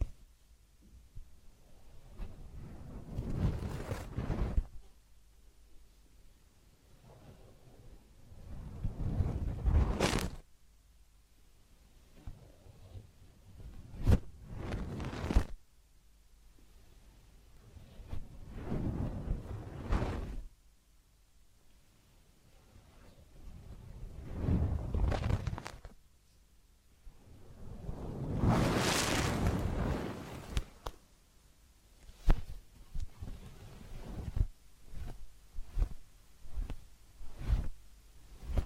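Massage sounds: soft rubbing strokes swell and fade about every five seconds, with quiet pauses between them. Sharp little clicks and taps cut through now and then, and the final stretch turns into a quicker run of short brushing taps.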